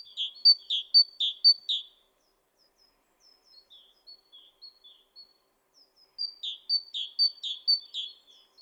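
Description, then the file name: Great tit repeating a rhythmic two-note phrase four times, pausing amid soft high twitters, then resuming with another run of phrases. "Parus major"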